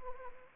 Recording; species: mosquito wingbeat signal from an infrared sensor; Anopheles arabiensis